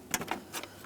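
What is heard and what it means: A door handle cable connector is being handled and pushed toward its mount on the inside door handle of a 1998-2010 Volkswagen Beetle during installation. A few short, sharp handling ticks are heard, the loudest near 0.1 s with quieter ones around 0.3 s and 0.6 s. Nothing has seated or clicked into place yet.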